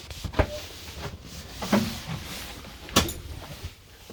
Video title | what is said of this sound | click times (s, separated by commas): 2020 Burstner Ixeo I744 | sure when you travel into this is fully clicked up you'll hear an audible click and | 3.0 s